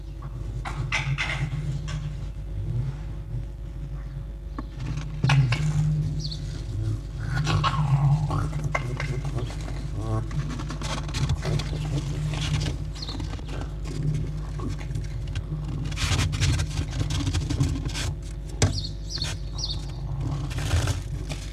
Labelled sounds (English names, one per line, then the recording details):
Red Fox
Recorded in captivity
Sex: group
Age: adult
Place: Zoologisches Institut der HUB, Berlin, DE
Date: 1956-02-23 11:30
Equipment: Elmetra
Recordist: Tembrock, Günter